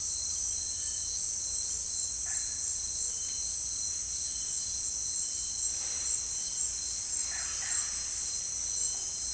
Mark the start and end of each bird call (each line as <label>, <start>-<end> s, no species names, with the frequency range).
bird call (0.8-3.4 kHz), 7.22-7.80 s